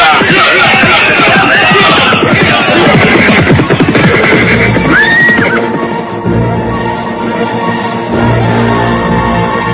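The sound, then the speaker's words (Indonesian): Horses neigh and whinny amid a loud, busy commotion as robbers mount their horses to leave a merchant's house, with a high rising-falling call standing out midway, then the noise settles into a steadier rumble with hoof-like thuds and murmuring voices. “Naik ke atas kuda masing-masing!”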